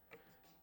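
A windage turret on a rifle scope is turned and its lock engaged. A single short, sharp click is heard at 0.1 s over a quiet background, and the turret locks into place.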